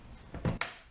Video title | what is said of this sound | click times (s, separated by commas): Fishing With Mrs K's Garmin 73SV Hobie Kayak Install On Hooked Up Fishing | pops into place | 0.6 s